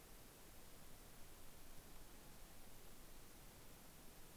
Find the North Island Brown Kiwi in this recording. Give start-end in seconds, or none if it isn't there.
none